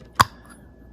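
A plastic flow-restrictor adapter, with its cap refitted, is pushed back into the body of a MOEN shower head. A single sharp click is heard at 0.2 s, then only quiet background remains. The adapter is seated in place.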